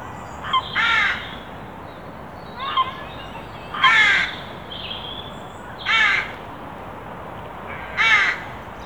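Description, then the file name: Carrion crow cawing, rough hoarse calls spaced a few seconds apart, with fainter calls in between. "Corvus corone"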